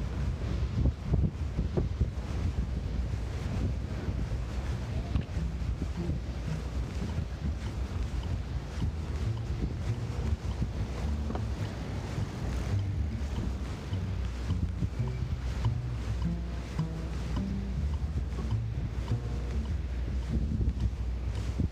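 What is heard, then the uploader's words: Outdoors on a beach boardwalk, a steady, dense low rumble fills all twenty-two seconds, with wind buffeting the microphone throughout. The level hardly changes, and faint muffled low tones drift in and out beneath the constant roar, with little in the brighter range. Walking on the boardwalk on Rockaway beach.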